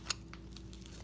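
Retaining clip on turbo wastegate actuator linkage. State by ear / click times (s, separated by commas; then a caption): partly seated / 0.1 s. A retaining clip on the turbo wastegate actuator linkage is pushed down onto its mount during a turbo (CHRA) swap with a Vargas Billet wheel on a BMW 335i N54 E90. A sharp metallic click lands at 0.1 s, followed by fainter ticks around 0.3, 0.6 and 0.9 s. The clip is not fully seated.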